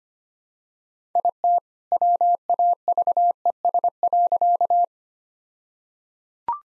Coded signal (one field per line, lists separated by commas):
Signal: Morse code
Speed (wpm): 25 wpm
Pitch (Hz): 700 Hz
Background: none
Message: IT WAVES.